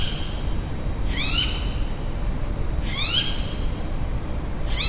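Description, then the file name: Bird giving three short rasping upslurred calls, spaced about two seconds apart, over steady low-pitched ambient noise. Recorded outdoors in the evening at a university recreation area in Brisbane. "zapsplat public places uni recreation area ext quite few people birds eve brisbane"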